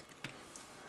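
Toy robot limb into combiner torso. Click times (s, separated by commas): 0.2 s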